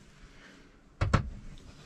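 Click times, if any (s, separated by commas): 1.0 s, 1.1 s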